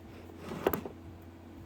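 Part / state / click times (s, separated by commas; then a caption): sliding door cable end into its anchor point clip / not seated / none. The elbow end of a new power sliding door cable for a Toyota Sienna is lined up on its clip at the inner anchor point while being handled. Brief handling clicks around 0.7 s and a faint knock near 1.7 s sound over a low steady hum. Nothing has seated or clicked into place yet.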